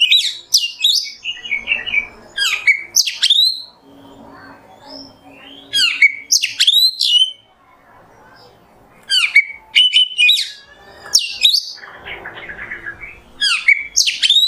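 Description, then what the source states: Oriental magpie-robin singing in short bursts of sharp, high whistles and quick slurred notes, separated by short pauses. Masteran kacer in the nembak song style, a tutor song for training songbirds.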